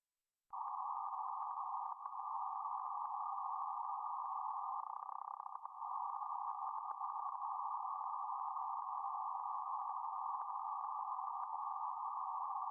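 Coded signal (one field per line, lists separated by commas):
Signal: PSK31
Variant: BPSK31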